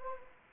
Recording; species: mosquito wingbeat signal from an infrared sensor; Anopheles gambiae